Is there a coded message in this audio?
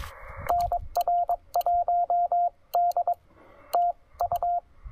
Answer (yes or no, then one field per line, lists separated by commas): yes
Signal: Morse code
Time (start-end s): 0.5-4.6 s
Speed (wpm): 22 wpm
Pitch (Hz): 700 Hz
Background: radio noise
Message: NR1D TU